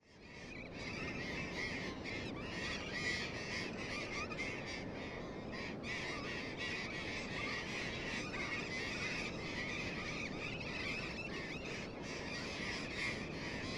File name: tomas miguel - loros barranqueros